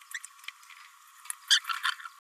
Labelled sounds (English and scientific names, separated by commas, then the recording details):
Green-rumped Parrotlet (Forpus passerinus) babbling
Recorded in a nest box in Venezuela
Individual 18B104A5